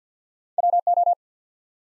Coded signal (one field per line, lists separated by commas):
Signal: Morse code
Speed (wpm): 50 wpm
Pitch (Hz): 700 Hz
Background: none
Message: W O